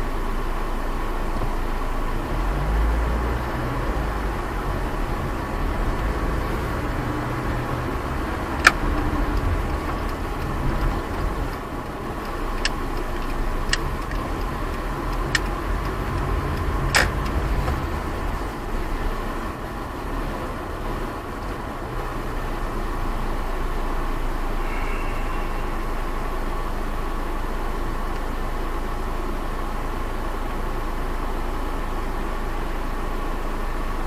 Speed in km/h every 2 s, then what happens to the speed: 9, 15, 15, 16, 20, 20, 17, 14, 13, 13, 10, 8, 5, 4, 4, 0, 0.
0-10 speeds up to 20. 10-29 slows to 0. 29-34 standing.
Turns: 11-20.